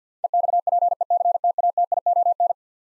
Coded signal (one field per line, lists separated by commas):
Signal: Morse code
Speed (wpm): 50 wpm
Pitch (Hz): 700 Hz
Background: none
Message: EXPECTATION